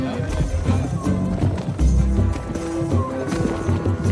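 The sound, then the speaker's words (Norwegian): Heavy, booming footsteps of a mammoth stomp along in an uneven rhythm, each deep thud landing over a steady bed of low rumbling and sustained musical tones. “Følg med på hvor du tramper henne!”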